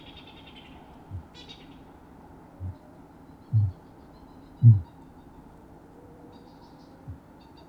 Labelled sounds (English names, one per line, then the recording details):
Kākāpō boom
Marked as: faintness 3/5, faintness 2/5, faintness 4/5
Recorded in New Zealand
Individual Sirocco